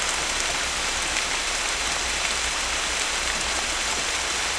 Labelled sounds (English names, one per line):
none